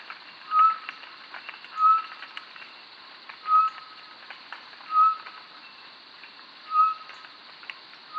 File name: Batis mixta